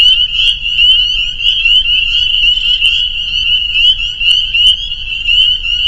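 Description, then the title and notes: Spring peeper chorus: a continuous shrill wall of overlapping high peeps, some individual notes standing out, over a faint low background rumble. Soundscape recorded at a peeper pond on friends' property in northern Vermont, USA. "Peepers. the peeper pond on our friends' property in northern Vermont"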